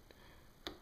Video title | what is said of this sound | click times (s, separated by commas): How To - Make manual ground throws for HO Scale Atlas and other turnouts. | when you throw your your turnout and if you can hear that clicking | 0.7 s